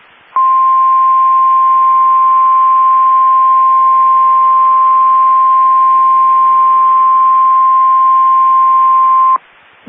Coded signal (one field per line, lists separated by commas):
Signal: Emergency Alert System (SAME) tones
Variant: 1050 Hz attention tone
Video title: Severe Thunderstorm Warning (EAS 1691)